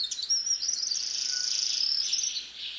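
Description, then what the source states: Forest double-collared sunbird song: a very high, fast, buzzy trill running steadily for about two seconds, after a few thin chips. Two populations on different eastern African mountains, separated at least 500,000 years ago, still sing nearly identical songs, likely similar to their ancestors' song.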